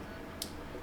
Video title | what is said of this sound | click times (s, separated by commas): Apple Watch 11 – How to Change Straps and Bands Safely | slightly carefully put it inside until it clicks | 0.4 s